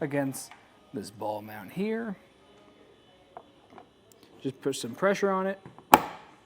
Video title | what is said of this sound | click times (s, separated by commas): etrailer - 2023 Ford F-150 Leer Hard Tonneau Cover: Complete Installation | it'll click into place | 5.9 s